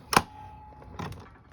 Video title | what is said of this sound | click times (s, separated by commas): Cuckoo Clock repair stand, designed to easily manage chains and weights and fit a variety of sizes. | there it's locked. So this won't turn. | 0.2 s